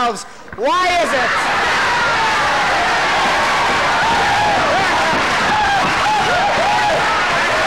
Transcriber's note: enthusiastic cheering